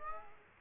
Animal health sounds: mosquito wingbeat signal from an infrared sensor; Aedes aegypti

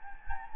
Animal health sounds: mosquito wingbeat signal from an infrared sensor; Anopheles gambiae

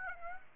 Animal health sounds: mosquito wingbeat signal from an infrared sensor; Aedes aegypti

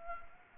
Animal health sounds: mosquito wingbeat signal from an infrared sensor; Anopheles gambiae

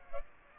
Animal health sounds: mosquito wingbeat signal from an infrared sensor; Culex quinquefasciatus

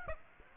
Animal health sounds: mosquito wingbeat signal from an infrared sensor; Aedes aegypti

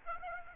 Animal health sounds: mosquito wingbeat signal from an infrared sensor; Aedes aegypti

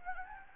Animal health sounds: mosquito wingbeat signal from an infrared sensor; Anopheles gambiae

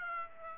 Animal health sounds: mosquito wingbeat signal from an infrared sensor; Aedes aegypti

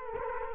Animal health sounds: mosquito wingbeat signal from an infrared sensor; Culex quinquefasciatus

